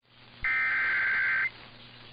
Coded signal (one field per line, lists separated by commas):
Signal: Emergency Alert System (SAME) tones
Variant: header bursts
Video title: JUNE'S FINAL ALERTS... EAS Alerts from 6/28/23 - 6/30/23 (EAS #2,629 - 2,644)